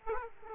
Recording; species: mosquito wingbeat signal from an infrared sensor; Aedes aegypti